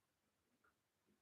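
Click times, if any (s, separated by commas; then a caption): none. A threaded metal part from a vintage Schwinn Varsity bicycle is pressed down onto its mating thread and turned backwards to find the thread start and avoid cross-threading. Only quiet handling noise and faint soft ticks are heard, with slightly louder moments around 0.6 s and 1.1 s. Nothing has clicked into place or seated yet.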